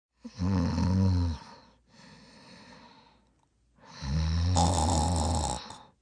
Human element female middle age snore.